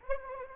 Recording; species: mosquito wingbeat signal from an infrared sensor; Anopheles arabiensis